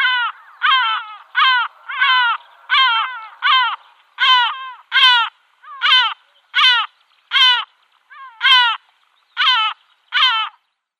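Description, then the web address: Yellow-legged gull giving loud, harsh, laughing notes, each clear and separate, repeated roughly every three-quarters of a second for about ten seconds. "Yellow-legged Gull"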